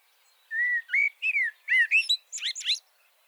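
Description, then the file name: Common blackbird song phrase: rich whistled notes swooping up and down, ending in a quick burst of thin, high twittering. "Turdus merula"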